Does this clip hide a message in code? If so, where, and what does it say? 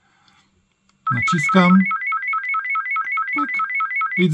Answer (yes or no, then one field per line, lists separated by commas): no